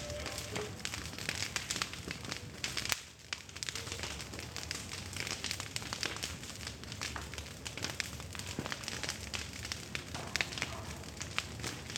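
Corn burning in Cuxtitali gives off a dense, constant crackle, with sharp pops and snaps scattered throughout and coming several times a second. A brief dip in the noise comes around the three-second mark before the crackling resumes at the same busy, even level.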